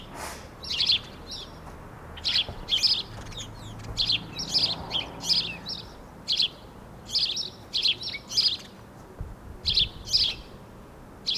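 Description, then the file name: House sparrow chirping, a steady run of short, harsh chirps over faint background hiss. "Passer domesticus"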